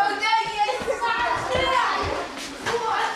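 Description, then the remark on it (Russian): Children's voices chatter and shout over one another in a busy, echoing hubbub, with a few dull thumps and bangs scattered through the steady noise of play in a school corridor. “В школьном коридоре играют дети.”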